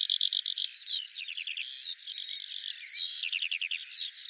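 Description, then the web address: Bird song, a fast, unbroken warble of high buzzy trills, slurred whistles and rapid chirps, opening with a quick run of clipped repeated notes. Dated 2025; audio cleaned and normalized. "cianscape birddata Deverinetal 2025 File cleaned normalized Bird Al Ar"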